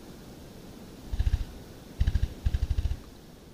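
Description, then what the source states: Copper pheasant drumming: low dull thumping pulses in quick bursts, three bouts within about two seconds, over faint steady background noise. Chichibu, Japan, 10 April 2019.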